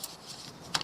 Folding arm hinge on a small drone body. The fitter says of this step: so when you unfold it there's a clicking noise click